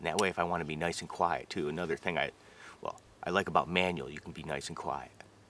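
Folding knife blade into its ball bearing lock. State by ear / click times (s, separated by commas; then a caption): not seated / none. A manual folding knife with G10 scales and a ball bearing lock is handled while a man talks for most of the clip. The blade is being opened one-handed with the thumb, quietly, but nothing has seated or clicked yet.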